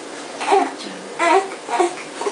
Eh. A short, sharp, almost angry sound, which means a baby needs to burp. It's trickier to distinguish, but listen out for the E part of the sound. A burp means gas trapped in the top of the chest. And the reflex is for the diaphragm to contract and relax to get it out. That's what ends up pushing air and sound out in bursts to make the eh.